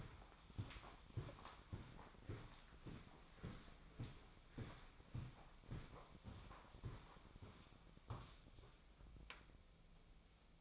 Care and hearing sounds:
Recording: daily activity, microphone in the room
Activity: walk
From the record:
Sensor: 1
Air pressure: 1009.4 hPa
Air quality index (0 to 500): 188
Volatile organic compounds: 4 ppm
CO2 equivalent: 1582 ppm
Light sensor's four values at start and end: 53/142/58/71 and 52/138/57/69

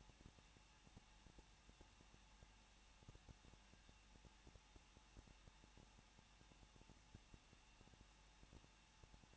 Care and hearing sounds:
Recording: daily activity, microphone in the room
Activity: no activity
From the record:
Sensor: 1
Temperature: 20.1 degrees Celsius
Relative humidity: 39.0%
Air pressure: 1006.6 hPa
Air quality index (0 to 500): 216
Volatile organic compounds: 71 ppm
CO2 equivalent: 3531 ppm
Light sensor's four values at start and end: 1/2/1/1 and 1/2/1/1

